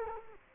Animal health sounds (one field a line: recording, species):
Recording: mosquito wingbeat signal from an infrared sensor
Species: Culex quinquefasciatus